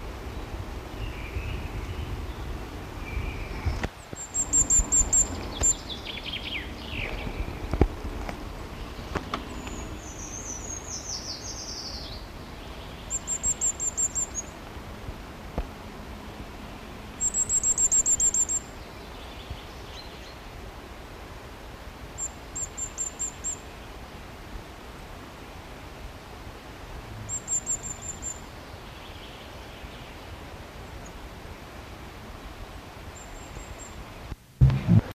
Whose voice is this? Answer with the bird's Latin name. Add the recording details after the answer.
Regulus ignicapilla. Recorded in the wild. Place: Wegfurt, DE. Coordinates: 50.3958, 10.0869. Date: 1964-04-03. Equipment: Uher Report 4000, AKG D190. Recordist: Krey, Winfried